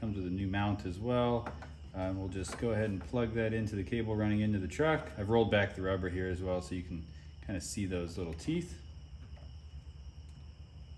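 Someone talks while a new wiring cable connector, which comes with a new mount, is brought to the mating connector of the cable running into the truck's harness, with the rubber boot rolled back to show the little teeth. Steady high-pitched tones sit faintly in the background. The clip ends before the connector goes home, so nothing has seated or clicked yet.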